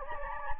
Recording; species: mosquito wingbeat signal from an infrared sensor; Anopheles gambiae